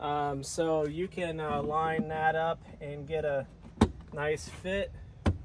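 A corner-edged cargo blocker box is lined up with the locking mechanism of a rubber cargo floor mat while someone talks, with brief sharp handling knocks near 3.8 and 5.3 seconds. Nothing has seated or clicked yet.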